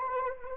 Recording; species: mosquito wingbeat signal from an infrared sensor; Anopheles arabiensis